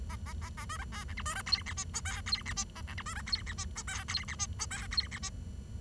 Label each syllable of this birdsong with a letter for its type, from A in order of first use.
A A A A B C D E F B C G H I J K G H I A E F B C G H I J K G H I J K G H I